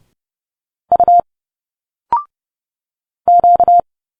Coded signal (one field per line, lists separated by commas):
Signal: Morse code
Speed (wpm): 30 wpm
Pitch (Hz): 700 Hz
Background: none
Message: U Q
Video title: Morse code 30 wpm - Letters A to Z - Direct sound conversion